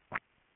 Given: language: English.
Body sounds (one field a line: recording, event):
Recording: throat vibration sensor signal played as sound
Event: swallow